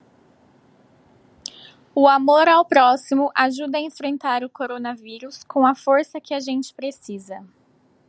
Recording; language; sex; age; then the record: spoken sentence; Brazilian Portuguese; female; 20 to 29 years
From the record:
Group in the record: control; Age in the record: 28 years